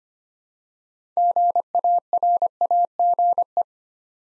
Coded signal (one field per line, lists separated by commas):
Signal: Morse code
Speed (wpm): 25 wpm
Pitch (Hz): 700 Hz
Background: none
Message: GARAGE